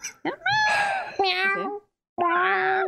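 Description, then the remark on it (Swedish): A human voice mimics a cat, giving three drawn-out, wavering meows with a short pause before the last, pitched fairly high and clearly voiced. “Vem var det som fucking mjauade?”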